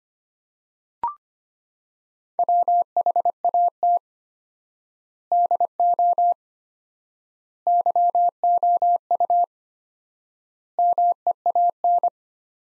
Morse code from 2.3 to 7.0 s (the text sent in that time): WHAT DO